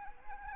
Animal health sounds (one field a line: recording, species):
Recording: mosquito wingbeat signal from an infrared sensor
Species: Anopheles arabiensis